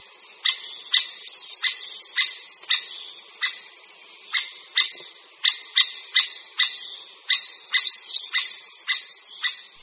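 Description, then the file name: Eurasian three-toed woodpecker giving sharp, clipped single call notes at irregular intervals, sometimes in quick pairs, over a steady high background noise. "Datlík-tříprstý"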